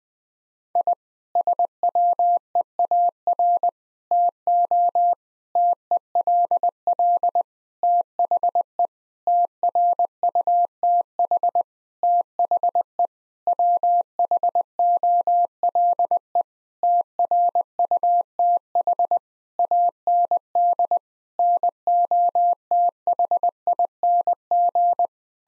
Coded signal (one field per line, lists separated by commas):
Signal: Morse code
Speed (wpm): 20 wpm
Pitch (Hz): 700 Hz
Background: none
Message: I SWEAR TO TELL THE TRUTH THE WHOLE TRUTH AND NOTHING